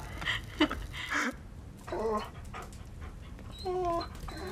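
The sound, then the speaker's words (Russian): A dog by a fireplace pants in a series of quick, breathy bursts, pausing between them, with a brief high-pitched whimper near the end. “Миша у камина с собакой.”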